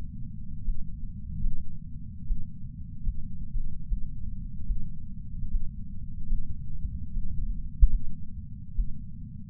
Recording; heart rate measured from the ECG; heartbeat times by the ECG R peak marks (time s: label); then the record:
heart sounds by patch sensor on the chest; 75 bpm
0.65 s: heartbeat
1.41 s: heartbeat
2.27 s: heartbeat
3.03 s: heartbeat
3.88 s: heartbeat
4.66 s: heartbeat
5.51 s: heartbeat
6.28 s: heartbeat
7.13 s: heartbeat
7.90 s: heartbeat
8.75 s: heartbeat
9.48 s: heartbeat
From the record:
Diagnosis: coronary artery disease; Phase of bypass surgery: preoperative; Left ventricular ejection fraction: 64%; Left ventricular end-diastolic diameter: 54 mm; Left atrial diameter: 40 mm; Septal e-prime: 6.2 cm/s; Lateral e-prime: 8 cm/s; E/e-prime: 10.7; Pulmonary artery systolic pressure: 24 mmHg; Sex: male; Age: 75 years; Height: 178 cm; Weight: 85 kg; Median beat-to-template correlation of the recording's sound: 0.83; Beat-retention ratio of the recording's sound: 0.94